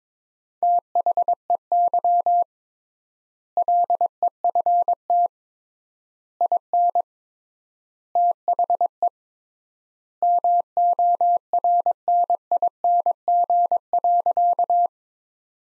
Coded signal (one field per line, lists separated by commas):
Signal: Morse code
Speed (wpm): 22 wpm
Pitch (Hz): 700 Hz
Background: none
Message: THEY LEFT IN THE MORNING.